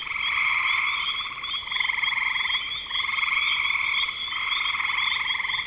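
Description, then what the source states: Frog chorus of buzzy pulsed trills in bouts of one to two seconds. Spring 2025.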